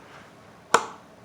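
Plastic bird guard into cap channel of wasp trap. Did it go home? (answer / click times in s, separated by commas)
yes / 0.8 s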